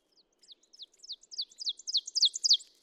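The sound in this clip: Ovenbird song: emphatic two-part phrases repeated rapidly, starting quietly and swelling to a loud, ringing finish.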